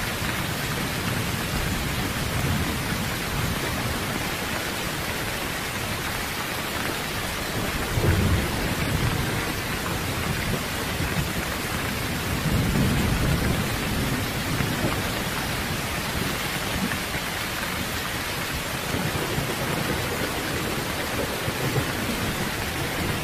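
Heavy rain pours steadily and densely throughout, a constant hiss across the whole range. Low rumbles of thunder swell beneath it around the eighth second and again near the thirteenth, deep, while the downpour never lets up.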